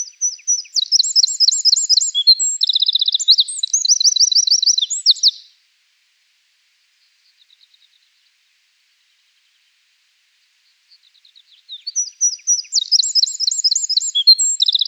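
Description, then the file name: Eurasian wren delivering a long, loud, high-pitched song of fast trills and rattling phrases, a quiet pause, then a second song building up. "Troglodytes troglodytes"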